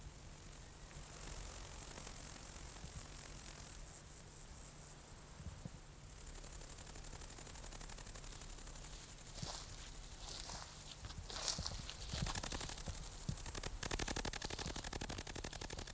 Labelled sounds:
Great Green Bush-cricket (Tettigonia viridissima) stridulation

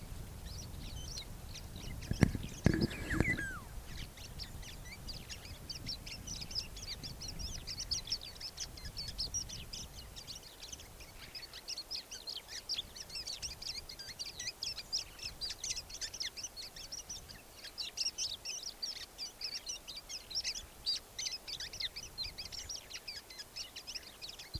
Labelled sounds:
Eurasian Golden Oriole (Oriolus oriolus)

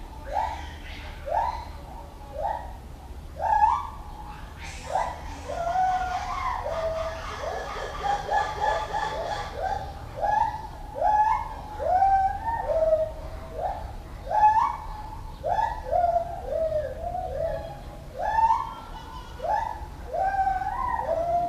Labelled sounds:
Lar Gibbon (Hylobates lar)

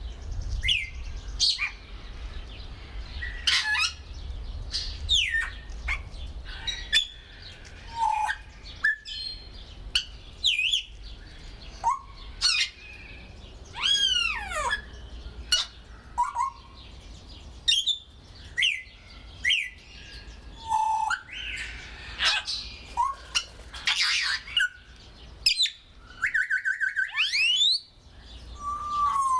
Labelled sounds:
Grey Parrot (Psittacus erithacus)

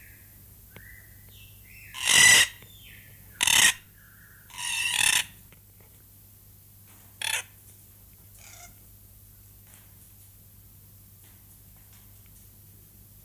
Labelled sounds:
Red-tailed Black Cockatoo (Calyptorhynchus banksii) call

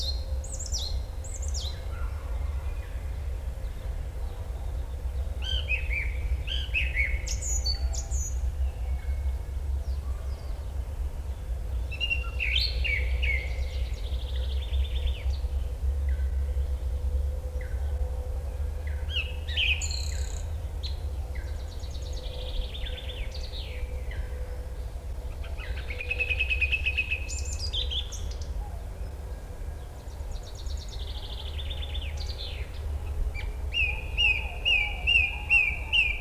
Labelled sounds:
Song Thrush (Turdus philomelos) song

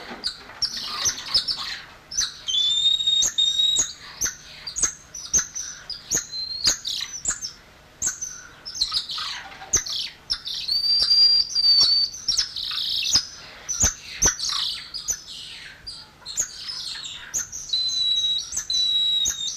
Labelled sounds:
Golden Lion Tamarin (Leontopithecus rosalia) call

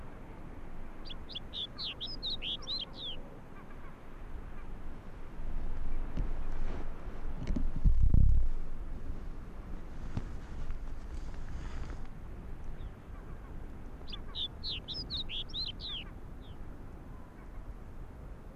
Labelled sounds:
Arctic Fox (Vulpes lagopus)

